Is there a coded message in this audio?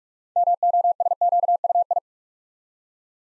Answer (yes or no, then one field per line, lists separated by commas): yes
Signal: Morse code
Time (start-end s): 0.4-2.0 s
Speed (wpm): 44 wpm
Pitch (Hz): 700 Hz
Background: none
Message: MOSQUI